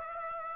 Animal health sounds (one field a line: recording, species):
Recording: mosquito wingbeat signal from an infrared sensor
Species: Aedes aegypti